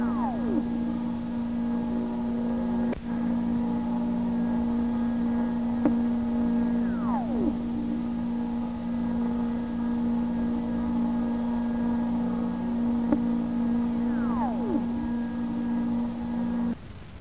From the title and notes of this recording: Listen closely to hear the whistling sound of superfluid helium-3 oscillating, getting louder and quieter. The oscillation occurs when the helium-3 is pushed through perforated membranes in a special container. UC Berkeley scientists used the world's most sensitive microphone, which picked up sounds of the equipment, ground and building motion that you hear as background noise. The whistling sound was magnified so the human ear could hear it.